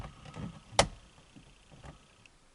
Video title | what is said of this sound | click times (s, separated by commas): FITCAMX Dash Cam 2023 Volvo XC90 Installation and Review | on it to get it to click into place but it did click into place I just had to be firm all right | 0.8 s